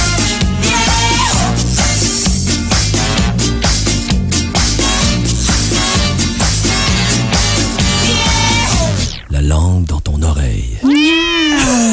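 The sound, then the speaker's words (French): Several voices imitate cats, meowing together in a loud chorus over a steady, rhythmic musical backing, then the music drops out and a few drawn-out, sliding yowls end it. “En cœur, c'est comme un cœur de chat.”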